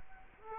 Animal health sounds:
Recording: mosquito wingbeat signal from an infrared sensor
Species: Culex quinquefasciatus

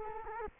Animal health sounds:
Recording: mosquito wingbeat signal from an infrared sensor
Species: Culex quinquefasciatus

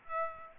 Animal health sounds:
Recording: mosquito wingbeat signal from an infrared sensor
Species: Aedes aegypti

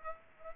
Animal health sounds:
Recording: mosquito wingbeat signal from an infrared sensor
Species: Aedes aegypti

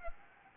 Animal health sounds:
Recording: mosquito wingbeat signal from an infrared sensor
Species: Anopheles gambiae

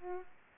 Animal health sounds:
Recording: mosquito wingbeat signal from an infrared sensor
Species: Aedes aegypti

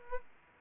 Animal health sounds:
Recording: mosquito wingbeat signal from an infrared sensor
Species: Aedes aegypti

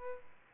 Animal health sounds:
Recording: mosquito wingbeat signal from an infrared sensor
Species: Aedes albopictus

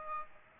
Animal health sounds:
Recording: mosquito wingbeat signal from an infrared sensor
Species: Aedes aegypti

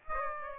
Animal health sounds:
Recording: mosquito wingbeat signal from an infrared sensor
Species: Aedes aegypti

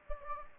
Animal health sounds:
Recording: mosquito wingbeat signal from an infrared sensor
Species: Anopheles gambiae

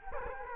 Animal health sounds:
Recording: mosquito wingbeat signal from an infrared sensor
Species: Culex quinquefasciatus

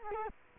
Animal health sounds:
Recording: mosquito wingbeat signal from an infrared sensor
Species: Culex quinquefasciatus

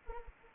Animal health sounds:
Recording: mosquito wingbeat signal from an infrared sensor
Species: Anopheles arabiensis

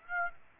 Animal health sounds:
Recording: mosquito wingbeat signal from an infrared sensor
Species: Aedes aegypti

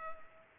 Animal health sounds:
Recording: mosquito wingbeat signal from an infrared sensor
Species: Culex pipiens

